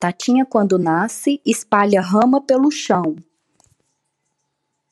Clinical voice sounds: short text; Brazilian Portuguese; female; 30 to 39 years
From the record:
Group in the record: control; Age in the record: 33 years

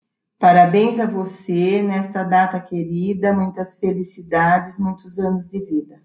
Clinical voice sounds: short text; Brazilian Portuguese; female; 20 to 29 years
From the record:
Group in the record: control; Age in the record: 20 years

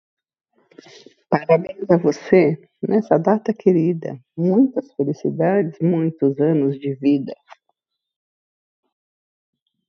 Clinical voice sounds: short text; Brazilian Portuguese; female; 50 to 59 years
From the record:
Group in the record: control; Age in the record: 57 years

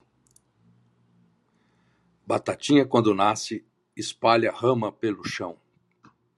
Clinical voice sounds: short text; Brazilian Portuguese; male; 60 to 69 years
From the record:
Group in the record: control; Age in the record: 65 years

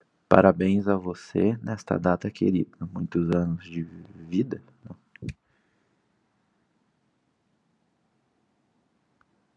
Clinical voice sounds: short text; Brazilian Portuguese; male; 20 to 29 years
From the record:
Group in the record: control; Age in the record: 28 years

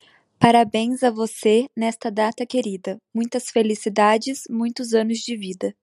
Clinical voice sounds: short text; Brazilian Portuguese; female; 20 to 29 years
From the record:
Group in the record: control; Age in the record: 26 years

